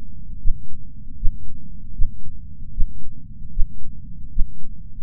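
An adult heartbeat: low, regular thuds at about 77 beats per minute.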